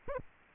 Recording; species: mosquito wingbeat signal from an infrared sensor; Aedes aegypti